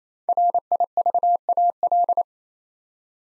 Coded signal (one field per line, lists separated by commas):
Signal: Morse code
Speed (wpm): 29 wpm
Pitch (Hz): 700 Hz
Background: none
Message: RIVAL